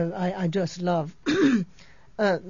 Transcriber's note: she clears her throat